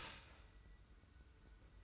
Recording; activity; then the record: daily activity, microphone in the room; start toaster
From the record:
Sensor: 2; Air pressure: 990.5 hPa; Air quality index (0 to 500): 164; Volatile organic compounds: 823 ppm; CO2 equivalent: 5148 ppm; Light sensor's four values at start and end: 27/64/26/26 and 27/64/26/26